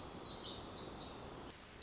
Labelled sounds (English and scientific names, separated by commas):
Pacific Wren (Troglodytes pacificus)